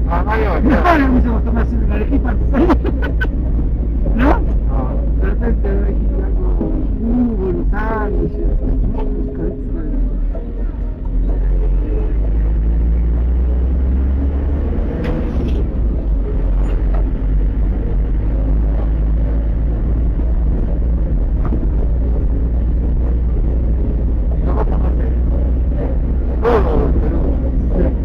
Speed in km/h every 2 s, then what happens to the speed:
27, 27, 24, 19, 12, 8, 11, 18, 22, 25, 26, 26, 27, 29.
0-11 slows to 8. 11-18 speeds up to 25. 18-28 steady at about 26.